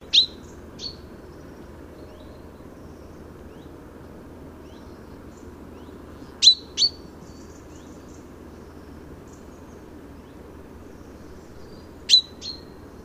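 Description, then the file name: Common chaffinch calls: short, sharp metallic notes, each followed by a softer second note, given in bursts roughly every six seconds over steady low background hum. "Fringilla coelebs"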